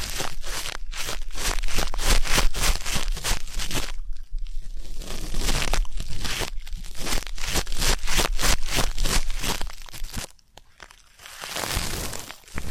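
Ear canal cleaning produces dense, rapid crackling and crinkling scrapes, with a brief quiet dip near ten seconds before the rustling resumes.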